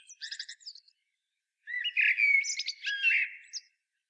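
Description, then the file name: Common blackbird ending one phrase with rapid high twittering, then after a pause singing a fuller phrase of low fluted notes and thin squeaky flourishes. "Turdus merula"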